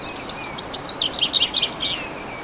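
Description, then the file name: Bird singing a rapid string of high, clipped chirps, each note sliding slightly, against a soft steady hiss. Recorded 15 March 2014 with an MZ-N710 recorder. "Chants d oiseaux 15 03 14"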